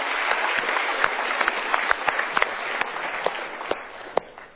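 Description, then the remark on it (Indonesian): An audience applauds steadily after a participant's question, a dense wash of many hands clapping with sharp individual claps popping out above the sustained noise throughout. “Kita berikan tepuk tangan.”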